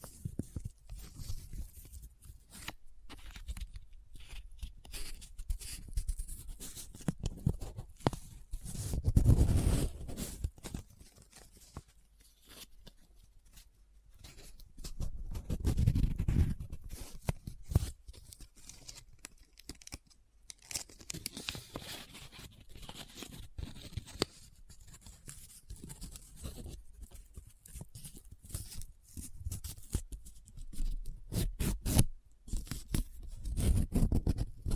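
Close-up paper sounds: dense, irregular crinkling and scratching with sharp clicks scattered throughout. Heavier rubbing swells with a low thump come around 9 and 16 seconds, and a brighter, busier stretch of crumpling runs from about 21 seconds to the end.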